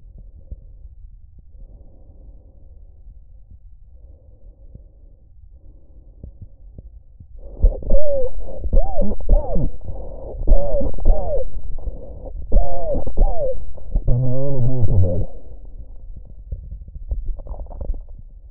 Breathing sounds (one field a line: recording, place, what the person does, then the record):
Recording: lung sounds by stethoscope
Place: trachea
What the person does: quiet breathing, then cough and speech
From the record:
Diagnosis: COPD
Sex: male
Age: 77 years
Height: 172 cm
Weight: 94 kg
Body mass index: 31.8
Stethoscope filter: extended mode